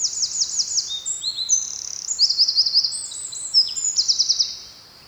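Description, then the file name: Eurasian wren song, a loud, very high cascade of quick trills and piercing notes, delivered in one long unbroken burst with rattling sections. "Troglodytes troglodytes"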